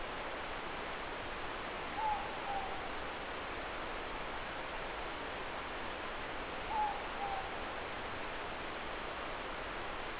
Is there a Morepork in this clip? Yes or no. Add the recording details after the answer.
yes. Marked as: faintness 3/5. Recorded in New Zealand. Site Eglinton